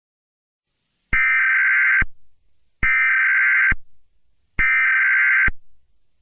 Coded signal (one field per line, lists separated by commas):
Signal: Emergency Alert System (SAME) tones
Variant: header bursts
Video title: EAS Scenario 1: Gargantuar’s Feast (PART 1)